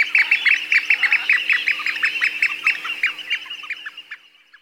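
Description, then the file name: Eurasian oystercatcher giving shrill piercing piping notes in a fast excited series that slows and fades toward the end. "scholekster"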